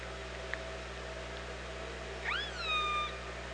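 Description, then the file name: Orca call: a single harmonic call starting after two seconds that sweeps sharply upward, then holds level, over a steady low hum and hiss. Recorded at OrcaLab on 24 August 2017, around 07:46. "Orca Lab UTLN JASON 20170824 074610"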